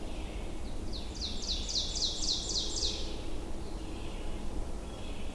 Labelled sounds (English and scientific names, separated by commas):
Ovenbird (Seiurus aurocapilla) song